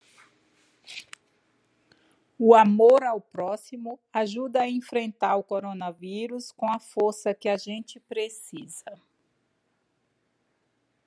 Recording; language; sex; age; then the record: spoken sentence; Brazilian Portuguese; female; 50 to 59 years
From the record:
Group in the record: control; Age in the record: 53 years